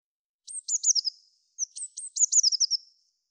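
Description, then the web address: Eurasian blue tit giving two high, rapid phrases back to back, thin introductory notes leading into a quick run of descending notes; nothing else heard. "cianscape birddata Deverinetal 2025 File cleaned normalized Bird Cy Ca"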